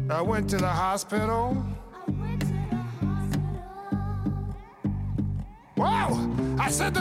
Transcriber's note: echoing